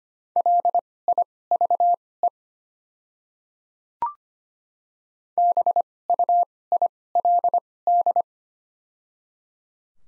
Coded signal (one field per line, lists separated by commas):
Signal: Morse code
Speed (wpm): 25 wpm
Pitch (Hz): 700 Hz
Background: none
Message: LIVE BUILD